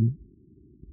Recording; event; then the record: neck accelerometer signal played as sound; no cough (speech, laughter, throat clearing or background)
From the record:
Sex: female